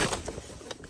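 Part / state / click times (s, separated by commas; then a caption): dash switch into plastic dash switch panel / seated / 0.7 s, 0.8 s. A four-wheel-drive switch or switch blank is pressed into a slot in the plastic dash switch panel of a new head unit on a Tacoma. Faint rustling and handling noise leads up to two short snaps at 0.7 s and 0.8 s as the switch seats in the panel.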